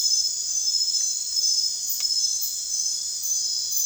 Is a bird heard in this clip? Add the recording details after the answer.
no. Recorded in secondary vegetation near Puerto Asís, Putumayo, Colombia, on 30 June 2025 at 01:30. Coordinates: 0.498, -76.327. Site GP09